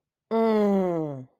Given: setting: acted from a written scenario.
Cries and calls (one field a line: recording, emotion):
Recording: vocal sound without words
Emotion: anger